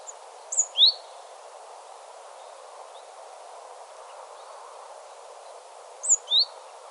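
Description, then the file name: Great tit call: a high note followed by a sharp slurred whistle, given twice several seconds apart over a quiet background. "Parus major"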